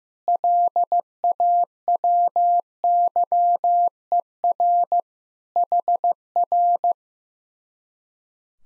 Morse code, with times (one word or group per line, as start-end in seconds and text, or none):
0.3-5.0 LAWYER
5.6-6.9 HR